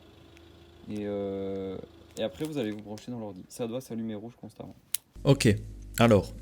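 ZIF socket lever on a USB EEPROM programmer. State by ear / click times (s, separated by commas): not seated / none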